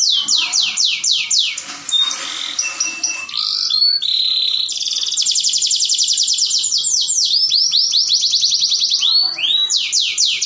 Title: Canto Para Esquentar Canário Belga. Pancingan Suara Kenari Kawin